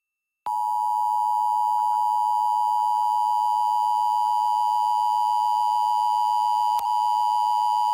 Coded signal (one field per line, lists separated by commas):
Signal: Emergency Alert System (SAME) tones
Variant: 853 and 960 Hz attention tone